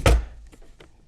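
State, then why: Seated. A plastic dust bin is pushed into its bay in a Narwal Freo robot vacuum and snaps into place with a loud, full-bodied thunk at 0.1 s. A few faint, short ticks follow at about 0.5, 0.8 and 1.1 s. The dust bin is seated in the vacuum body.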